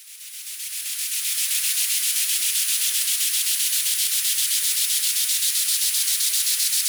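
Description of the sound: A high-pitched hiss fades in over about two seconds, then pulses steadily at roughly four beats per second, with nothing in the low range. This is the pulsed high-frequency sound therapy signal of the Tinnitus Scrubber version 4 device, tuned to 10 kHz, used for tinnitus.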